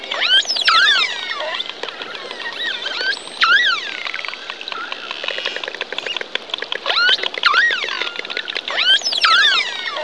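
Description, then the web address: Dolphin whistles underwater, many rising and falling looping whistles overlapping with rapid clicks and buzzes throughout, in bursts every few seconds. Underwater recording. "Zero-G Ambient 1 SUB AQUEOUS DOLPHIN"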